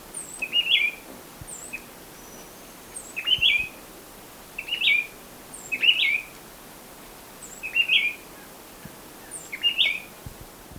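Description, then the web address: Bar-winged Wood-Wren song: crisp, ringing whistled phrases given every one to two seconds, each with a thin high note, over a steady background hiss. Ecuador. "Birds of Ecuador. Bar-Winged Wood-Wren"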